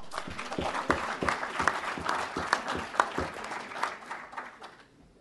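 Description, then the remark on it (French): An audience at a conference-debate on France's overseas territories claps steadily for a few seconds for an arriving guest, a dense patter of many hands with sharper individual claps popping out, then the applause thins and fades away at the end. “On peut l'applaudir.”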